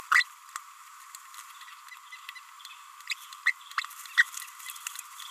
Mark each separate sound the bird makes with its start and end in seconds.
2.13-2.15, 3.08-3.13, 3.46-3.52, 4.18-4.23